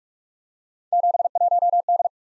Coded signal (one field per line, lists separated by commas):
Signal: Morse code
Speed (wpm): 44 wpm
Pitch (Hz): 700 Hz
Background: none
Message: 71D